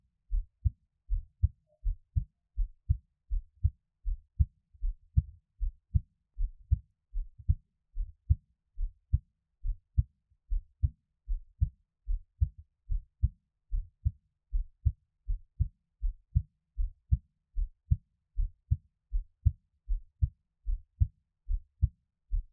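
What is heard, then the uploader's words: A heartbeat thumps steadily, each beat a deep double pulse repeating at an even pace, a little under two per second. The sound stays low and muffled with nothing above a dull thud, and silence fills the gaps between beats. 獻上我的心跳 | Give my Heartbeat | NO Talking.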